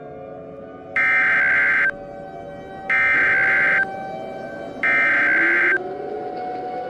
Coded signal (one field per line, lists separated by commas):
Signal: Emergency Alert System (SAME) tones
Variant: header bursts